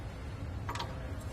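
The tilt latch of a Hollywood Racks Sport Rider SE hitch bike rack for 2 electric bikes, on the hitch mount of a 2021 Toyota RAV4, snaps into place as the rack is lifted up into its folded position. A single sharp click is heard at 0.7 s over a steady low background rumble. The rack is seated in its folded position.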